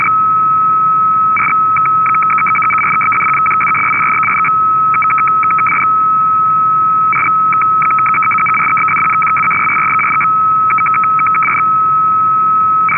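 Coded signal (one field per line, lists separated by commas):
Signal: numbers station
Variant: F06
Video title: F06 16236kHz 17:00UTC - Digital Numbers Station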